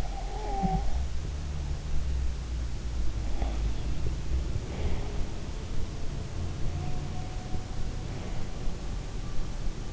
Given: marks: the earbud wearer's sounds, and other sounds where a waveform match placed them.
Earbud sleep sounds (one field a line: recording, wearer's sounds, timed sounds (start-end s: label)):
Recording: sounds in sleep by an in-ear microphone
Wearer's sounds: snoring breath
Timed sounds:
0.00-0.94 s: snoring breath